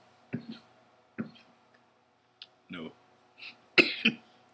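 About five short, harsh cough bursts from an adult man in a quiet room, irregularly spaced over a few seconds.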